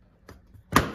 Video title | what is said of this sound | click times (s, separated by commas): Samsung R290 Integrated Hydro Heat Pump Review: Ultimate Guide & Features Overview | pushes back into place and you'll hear an audible click | 0.8 s